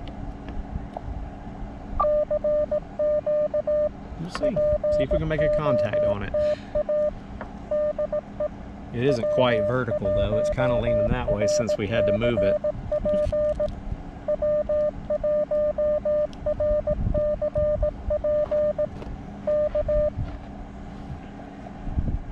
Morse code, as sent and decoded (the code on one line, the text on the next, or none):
-.-. --.- / .--. --- - .- / -.. . / .-- .---- .-. -.-. .--. / .-- .---- .-. -.-. .--. / -.-
CQ POTA DE W1RCP W1RCP K